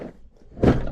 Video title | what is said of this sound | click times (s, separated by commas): Milwaukee PACKOUT Van Build & Loadout for Low Voltage Cabling! | and then it just like all pack out stuff locks in place | 0.6 s